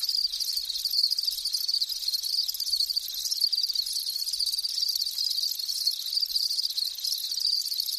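Insects produce a continuous, very high, finely pulsed buzzing that stays steady in pitch and loudness across the whole stretch.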